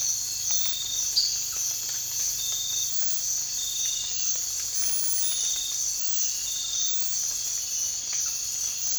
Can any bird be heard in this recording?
no